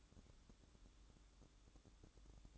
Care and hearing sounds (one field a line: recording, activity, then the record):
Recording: daily activity, microphone in the room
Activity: light on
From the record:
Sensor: 3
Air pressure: 1007.9 hPa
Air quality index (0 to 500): 91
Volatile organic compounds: 1 ppm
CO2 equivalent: 772 ppm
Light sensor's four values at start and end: 12/28/11/12 and 19/51/22/20